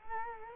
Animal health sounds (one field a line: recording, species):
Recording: mosquito wingbeat signal from an infrared sensor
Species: Culex quinquefasciatus